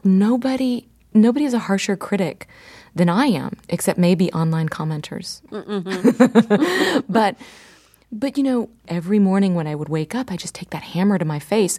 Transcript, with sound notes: nobody is a harsher critic than I am, except maybe online commenters.
(LAUGHTER)
But - but, you know, every morning when I would wake up, I'd just take that hammer to my face.